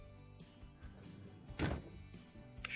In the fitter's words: ve çekmece ve sonra ulaştığında çıt diye bir karizmanı yerine oturdu duyabilirsiniz şu